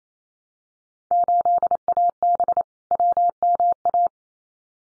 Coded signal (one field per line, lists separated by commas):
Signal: Morse code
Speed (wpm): 28 wpm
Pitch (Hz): 700 Hz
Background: none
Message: 8AB WMA